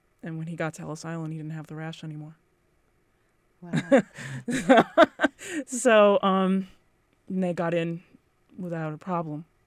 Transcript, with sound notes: And when he got to Ellis Island he didn't have the rash anymore.
Wow.
[laughs] So — and they got in without a problem.